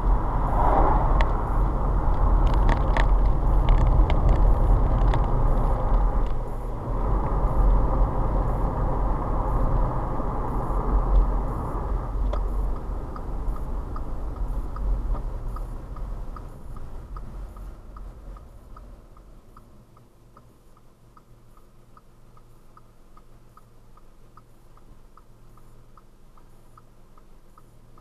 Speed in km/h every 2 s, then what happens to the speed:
39, 35, 37, 40, 44, 42, 34, 24, 11, 3, 0, 0, 0, 0.
0-5 steady at about 37. 5-8 speeds up to 44. 8-19 brakes to 0. 19-28 standing.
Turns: 0-6.